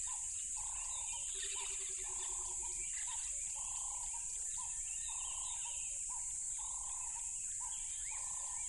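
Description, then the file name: Crickets keep up a constant shrill chorus while a lower croaking call repeats in bursts and a brief pulsed trill sounds early on. Loud crickets by a tropical river. "smartsound ATMO NATURE Tropical River Loud Crickets"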